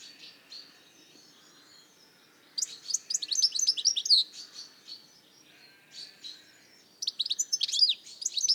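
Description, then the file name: European goldfinch giving bursts of liquid, tinkling twitters with buzzy notes, one long burst near the middle and another at the end, softer chatter between. "Carduelis carduelis"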